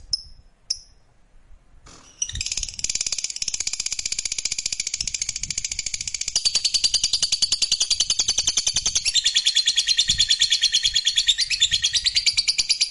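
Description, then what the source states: Lovebird opens with two short chirps, falls silent, then bursts into a long, fast, high chattering trill that holds without a break to the end. Fighter-type lovebird giving a long ngekek trill.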